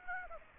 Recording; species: mosquito wingbeat signal from an infrared sensor; Aedes aegypti